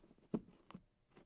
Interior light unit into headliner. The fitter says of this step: and press the light and it should lock in place.